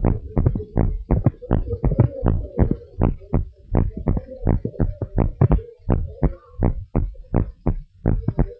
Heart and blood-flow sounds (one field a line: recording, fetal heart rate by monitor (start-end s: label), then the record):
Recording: heart sounds of a pregnant woman by stethoscope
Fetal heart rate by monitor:
no fetal heartbeat
From the record:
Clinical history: decreased amniotic fluid, low fetal growth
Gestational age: 30 weeks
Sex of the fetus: boy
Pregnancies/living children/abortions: 2/0/1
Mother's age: 28 years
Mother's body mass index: 27.1